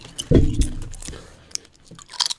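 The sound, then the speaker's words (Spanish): Teeth snapping together: a heavy low clack up front, then several sharp, dry clicks at uneven intervals, ending in a quick cluster of crisp snaps. “El chasquido de unos dientes.”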